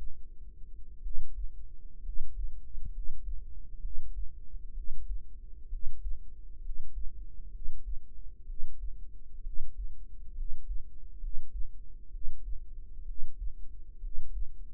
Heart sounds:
heart sounds by microphone in the right ear; 65 bpm
1.01 s: heartbeat
2.01 s: heartbeat
2.89 s: heartbeat
3.79 s: heartbeat
4.72 s: heartbeat
5.67 s: heartbeat
6.59 s: heartbeat
7.49 s: heartbeat
8.44 s: heartbeat
9.41 s: heartbeat
10.32 s: heartbeat
11.17 s: heartbeat
12.09 s: heartbeat
13.03 s: heartbeat
13.99 s: heartbeat
From the record:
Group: healthy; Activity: rest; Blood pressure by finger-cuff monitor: 111/71 mmHg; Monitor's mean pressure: 83 mmHg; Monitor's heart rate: 65 bpm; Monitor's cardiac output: 5.3 L/min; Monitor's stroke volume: 79 mL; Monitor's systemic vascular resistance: 1140 dyn s/cm5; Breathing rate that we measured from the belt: 15 breaths a minute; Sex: female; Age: 22 years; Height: 171 cm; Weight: 65.6 kg

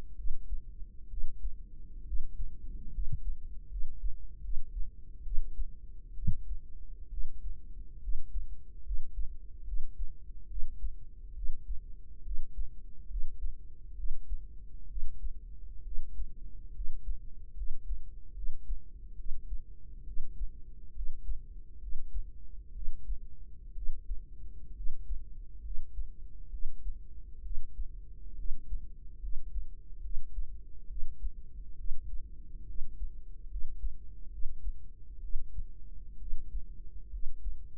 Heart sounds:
heart sounds by microphone in the right ear; 68 bpm
0.15 s: heartbeat
1.08 s: heartbeat
2.04 s: heartbeat
2.91 s: heartbeat
3.68 s: heartbeat
4.41 s: heartbeat
5.22 s: heartbeat
6.14 s: heartbeat
7.09 s: heartbeat
7.99 s: heartbeat
8.82 s: heartbeat
9.64 s: heartbeat
10.47 s: heartbeat
11.33 s: heartbeat
12.22 s: heartbeat
13.07 s: heartbeat
13.94 s: heartbeat
14.87 s: heartbeat
15.82 s: heartbeat
16.72 s: heartbeat
17.53 s: heartbeat
18.33 s: heartbeat
19.15 s: heartbeat
20.03 s: heartbeat
20.92 s: heartbeat
21.78 s: heartbeat
22.72 s: heartbeat
23.73 s: heartbeat
24.73 s: heartbeat
25.61 s: heartbeat
26.49 s: heartbeat
27.41 s: heartbeat
28.35 s: heartbeat
29.19 s: heartbeat
30.00 s: heartbeat
30.86 s: heartbeat
31.75 s: heartbeat
32.64 s: heartbeat
33.47 s: heartbeat
34.29 s: heartbeat
35.19 s: heartbeat
36.16 s: heartbeat
37.09 s: heartbeat
From the record:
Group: healthy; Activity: cold pressor test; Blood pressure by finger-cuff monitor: 101/63 mmHg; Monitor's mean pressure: 76 mmHg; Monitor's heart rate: 68 bpm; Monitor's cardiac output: 5.7 L/min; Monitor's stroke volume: 84 mL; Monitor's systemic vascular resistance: 940 dyn s/cm5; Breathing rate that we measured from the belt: 14 breaths a minute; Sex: female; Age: 23 years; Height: 160 cm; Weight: 50.4 kg

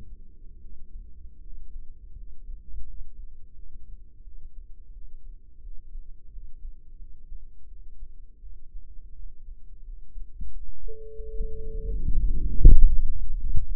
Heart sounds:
heart sounds by microphone in the right ear; 88 bpm
0.61 s: heartbeat
1.42 s: heartbeat
2.16 s: heartbeat
2.86 s: heartbeat
3.54 s: heartbeat
4.23 s: heartbeat
4.93 s: heartbeat
5.61 s: heartbeat
6.31 s: heartbeat
6.97 s: heartbeat
7.67 s: heartbeat
8.41 s: heartbeat
9.14 s: heartbeat
9.84 s: heartbeat
10.51 s: heartbeat
11.15 s: heartbeat
11.82 s: heartbeat
12.44 s: heartbeat
13.03 s: heartbeat
13.64 s: heartbeat
From the record:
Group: healthy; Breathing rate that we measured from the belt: 16 breaths a minute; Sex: female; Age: 22 years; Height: 161 cm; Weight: 65.5 kg

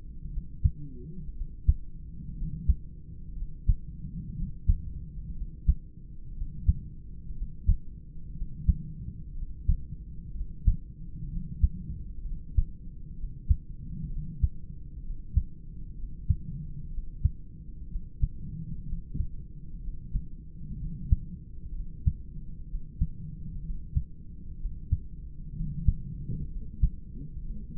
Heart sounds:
heart sounds by stethoscope; 62 bpm
0.28 s: heartbeat
1.31 s: heartbeat
2.32 s: heartbeat
3.32 s: heartbeat
4.33 s: heartbeat
5.32 s: heartbeat
6.32 s: heartbeat
7.32 s: heartbeat
8.32 s: heartbeat
9.32 s: heartbeat
10.31 s: heartbeat
11.26 s: heartbeat
12.21 s: heartbeat
13.13 s: heartbeat
14.07 s: heartbeat
14.99 s: heartbeat
15.93 s: heartbeat
16.87 s: heartbeat
17.85 s: heartbeat
18.82 s: heartbeat
19.77 s: heartbeat
20.74 s: heartbeat
21.70 s: heartbeat
22.64 s: heartbeat
23.59 s: heartbeat
24.55 s: heartbeat
25.51 s: heartbeat
26.45 s: heartbeat
27.40 s: heartbeat
From the record:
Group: heart failure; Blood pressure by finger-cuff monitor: 114/69 mmHg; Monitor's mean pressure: 85 mmHg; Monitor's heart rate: 62 bpm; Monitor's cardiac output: 4.2 L/min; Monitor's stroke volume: 69 mL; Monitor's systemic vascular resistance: 1480 dyn s/cm5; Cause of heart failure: idiopathic cardiomyopathy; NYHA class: 2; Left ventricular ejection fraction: 17%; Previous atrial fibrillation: present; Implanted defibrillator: present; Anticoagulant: edoxaban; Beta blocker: bisoprolol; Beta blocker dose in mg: 7.5 twice daily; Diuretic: furosemide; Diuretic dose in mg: 20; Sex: male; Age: 63 years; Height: 160 cm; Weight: 69 kg

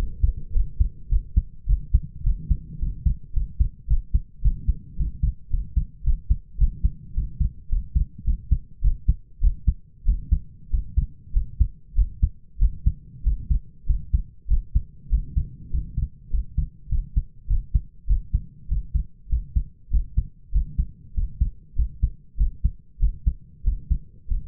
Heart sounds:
heart sounds by stethoscope; 101 bpm
0.52 s: heartbeat
1.09 s: heartbeat
1.66 s: heartbeat
2.23 s: heartbeat
2.78 s: heartbeat
3.33 s: heartbeat
3.87 s: heartbeat
4.41 s: heartbeat
4.96 s: heartbeat
5.50 s: heartbeat
6.03 s: heartbeat
6.57 s: heartbeat
7.14 s: heartbeat
7.69 s: heartbeat
8.24 s: heartbeat
8.81 s: heartbeat
9.40 s: heartbeat
10.05 s: heartbeat
10.70 s: heartbeat
11.33 s: heartbeat
11.95 s: heartbeat
12.58 s: heartbeat
13.23 s: heartbeat
13.86 s: heartbeat
14.48 s: heartbeat
15.09 s: heartbeat
15.70 s: heartbeat
16.30 s: heartbeat
16.89 s: heartbeat
17.47 s: heartbeat
18.07 s: heartbeat
18.68 s: heartbeat
19.29 s: heartbeat
19.90 s: heartbeat
20.51 s: heartbeat
21.14 s: heartbeat
21.75 s: heartbeat
22.37 s: heartbeat
22.99 s: heartbeat
23.63 s: heartbeat
24.27 s: heartbeat
From the record:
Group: healthy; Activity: rest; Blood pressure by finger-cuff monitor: 104/62 mmHg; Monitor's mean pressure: 73 mmHg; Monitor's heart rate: 99 bpm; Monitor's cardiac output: 6.9 L/min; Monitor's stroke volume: 69 mL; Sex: male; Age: 22 years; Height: 181 cm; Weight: 60 kg

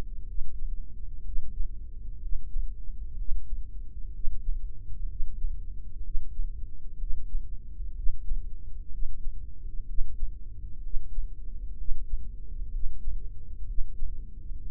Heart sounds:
heart sounds by microphone in the left ear; 63 bpm
0.26 s: heartbeat
1.24 s: heartbeat
2.20 s: heartbeat
3.16 s: heartbeat
4.12 s: heartbeat
5.08 s: heartbeat
6.02 s: heartbeat
6.98 s: heartbeat
7.95 s: heartbeat
8.90 s: heartbeat
9.86 s: heartbeat
10.82 s: heartbeat
11.76 s: heartbeat
12.71 s: heartbeat
13.66 s: heartbeat
14.60 s: heartbeat
From the record:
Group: heart failure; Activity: breath hold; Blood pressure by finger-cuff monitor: 103/76 mmHg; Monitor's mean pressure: 83 mmHg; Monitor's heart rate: 63 bpm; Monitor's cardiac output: 5.1 L/min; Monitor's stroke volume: 81 mL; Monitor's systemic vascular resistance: 1200 dyn s/cm5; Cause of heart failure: idiopathic cardiomyopathy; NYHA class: 1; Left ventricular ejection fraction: 50%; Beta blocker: bisoprolol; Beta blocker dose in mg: 5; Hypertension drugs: candesartan, spironolactone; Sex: male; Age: 54 years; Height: 180 cm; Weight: 94.6 kg

